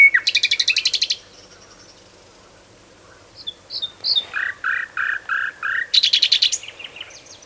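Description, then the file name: Common nightingale song: a harsh rattling trill, a pause, a few high notes, five loud repeated lower notes, then another buzzy trill. "Luscinia megarhynchos"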